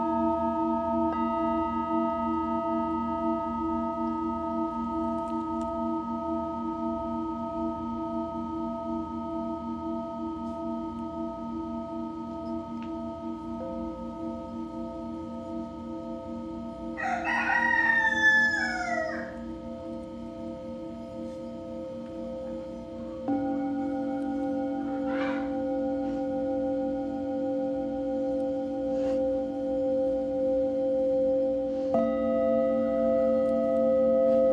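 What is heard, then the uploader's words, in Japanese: Singing bowls hum in long, layered steady tones that shift pitch slightly around 23 and 32 seconds, while a rooster crows once near 18 seconds. メキシコから シンギングボウルのサウンドヒーリング ライブ。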